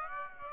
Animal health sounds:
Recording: mosquito wingbeat signal from an infrared sensor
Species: Aedes aegypti

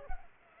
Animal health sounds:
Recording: mosquito wingbeat signal from an infrared sensor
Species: Culex pipiens

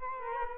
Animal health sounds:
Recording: mosquito wingbeat signal from an infrared sensor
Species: Culex quinquefasciatus

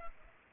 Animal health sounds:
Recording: mosquito wingbeat signal from an infrared sensor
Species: Culex pipiens

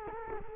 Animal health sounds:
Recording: mosquito wingbeat signal from an infrared sensor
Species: Culex quinquefasciatus

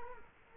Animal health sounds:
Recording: mosquito wingbeat signal from an infrared sensor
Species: Culex quinquefasciatus

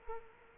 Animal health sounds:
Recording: mosquito wingbeat signal from an infrared sensor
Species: Culex quinquefasciatus

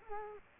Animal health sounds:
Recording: mosquito wingbeat signal from an infrared sensor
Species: Culex quinquefasciatus

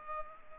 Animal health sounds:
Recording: mosquito wingbeat signal from an infrared sensor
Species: Culex pipiens

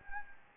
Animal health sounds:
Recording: mosquito wingbeat signal from an infrared sensor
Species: Anopheles gambiae

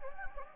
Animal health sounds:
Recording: mosquito wingbeat signal from an infrared sensor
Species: Anopheles gambiae

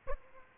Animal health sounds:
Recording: mosquito wingbeat signal from an infrared sensor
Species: Aedes aegypti

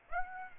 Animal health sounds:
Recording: mosquito wingbeat signal from an infrared sensor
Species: Aedes aegypti

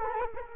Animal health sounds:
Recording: mosquito wingbeat signal from an infrared sensor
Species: Culex quinquefasciatus

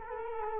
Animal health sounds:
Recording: mosquito wingbeat signal from an infrared sensor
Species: Culex quinquefasciatus

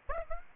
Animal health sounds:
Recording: mosquito wingbeat signal from an infrared sensor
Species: Aedes aegypti

